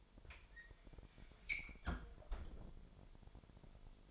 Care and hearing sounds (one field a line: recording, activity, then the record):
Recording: daily activity, microphone in the room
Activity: close fridge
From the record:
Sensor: 5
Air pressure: 1002.1 hPa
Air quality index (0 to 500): 226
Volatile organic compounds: 29 ppm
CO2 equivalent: 2942 ppm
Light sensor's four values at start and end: 10/23/10/11 and 9/21/8/9